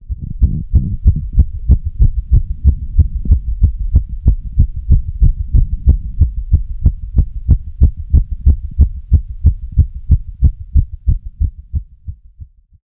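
Deep, evenly spaced heart thumps repeat quickly, close to 180 a minute, with a steady rhythm and a faint low hum underneath, fading out at the end. This is a simulated rapid heartbeat, or tachycardia, offered as a ringtone sound effect.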